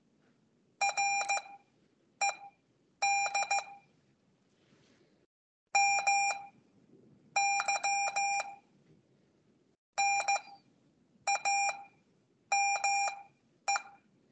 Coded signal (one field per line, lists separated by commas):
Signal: Morse code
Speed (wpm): 14 wpm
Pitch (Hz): 800 Hz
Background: none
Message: RED MY NAME